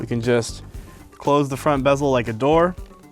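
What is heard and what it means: Someone talks while the plastic front bezel of a ThinkStation P300/P310 Small Form Factor desktop computer is swung closed on its hinges, like a door, toward the metal chassis. No snaps are heard, and nothing has seated or clicked yet.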